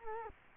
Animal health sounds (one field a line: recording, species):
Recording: mosquito wingbeat signal from an infrared sensor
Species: Culex quinquefasciatus